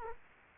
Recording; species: mosquito wingbeat signal from an infrared sensor; Culex quinquefasciatus